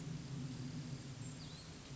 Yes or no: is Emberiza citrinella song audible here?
no